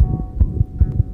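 Regular low, muffled thumps in quick succession, the steady beat of an adult's heart.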